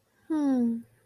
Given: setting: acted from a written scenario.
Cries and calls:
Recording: vocal sound without words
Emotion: serenity

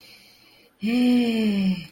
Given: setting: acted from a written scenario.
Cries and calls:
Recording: vocal sound without words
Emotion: ecstasy

